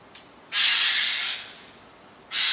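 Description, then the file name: Eurasian jay uttering a loud, harsh, tearing screech lasting almost a second, followed by the start of another rasping call. "Garrulus glandarius"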